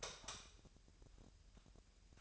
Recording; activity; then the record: daily activity, microphone in the room; light off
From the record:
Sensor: 2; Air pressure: 1001.8 hPa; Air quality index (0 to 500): 240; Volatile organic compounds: 31 ppm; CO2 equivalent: 2976 ppm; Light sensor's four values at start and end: 9/25/10/10 and 4/10/4/4